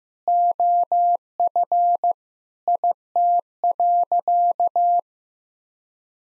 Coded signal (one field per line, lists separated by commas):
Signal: Morse code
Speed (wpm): 15 wpm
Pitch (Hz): 700 Hz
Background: none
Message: OF IT.